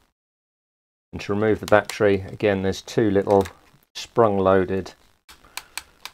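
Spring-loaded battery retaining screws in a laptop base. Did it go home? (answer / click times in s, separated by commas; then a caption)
released / 5.6 s, 5.8 s, 6.0 s. Someone talks while two small spring-loaded screws holding the battery in the base of an HP EliteBook 840 G3 laptop are undone so the battery can be removed before a keyboard replacement. After the talking stops, the released screws give sharp clicks at 5.6, 5.8 and 6.1 seconds.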